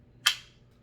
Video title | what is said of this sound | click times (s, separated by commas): Cane Self-defense with answering questions about the New Grey Man Safety Cane. | and you can hear it lock in that stays in there pretty good | 0.3 s